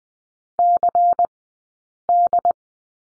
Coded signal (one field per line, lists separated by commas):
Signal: Morse code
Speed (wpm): 20 wpm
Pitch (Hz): 700 Hz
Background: none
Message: CD